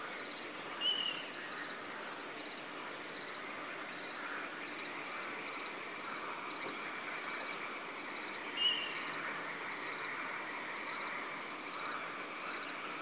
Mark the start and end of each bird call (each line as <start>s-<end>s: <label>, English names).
0.79s-1.22s: Water Rail
8.54s-8.94s: Water Rail